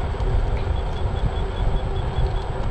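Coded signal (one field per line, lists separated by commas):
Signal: none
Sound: self-balancing scooter's beeps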